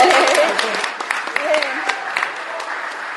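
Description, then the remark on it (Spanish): An audience applauds the opening of the second Meeting of Reflection on Integral Revolution, 2016, with dense, steady clapping and scattered sharper claps throughout. A few faint voices come through under the clapping, which eases off slightly toward the end. “Damos por inaugurado el segundo encuentro. Un aplauso.”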